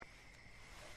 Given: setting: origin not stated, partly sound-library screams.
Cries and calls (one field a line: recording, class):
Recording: one-second piece from a danger detection set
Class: normal situation